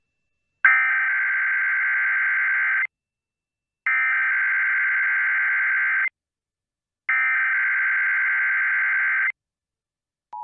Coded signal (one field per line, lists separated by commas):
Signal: Emergency Alert System (SAME) tones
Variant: header bursts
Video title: EAS East Central Michigan Required Monthly Test WCEN-FM Saginaw, MI +WeatherSTAR4000 September 2020